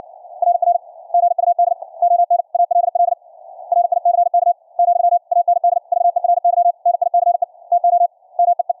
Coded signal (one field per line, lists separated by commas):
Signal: Morse code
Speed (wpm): 60 wpm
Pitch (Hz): 700 Hz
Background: none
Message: RR GUD ON ALL RICK , AND VERY NICE TO MEE